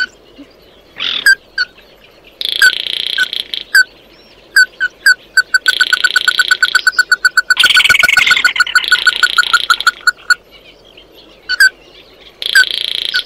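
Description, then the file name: Red-eyed bird (chim mắt đỏ): red-eyed bird alternating drawn-out buzzy rasps with isolated piping notes, then a rapid steady series of notes before more rasping. "Tieng chim mat do"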